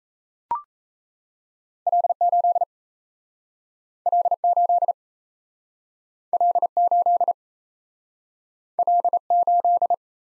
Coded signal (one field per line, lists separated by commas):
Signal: Morse code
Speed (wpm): 37 wpm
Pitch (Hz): 700 Hz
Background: none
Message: L8 L8 L8 L8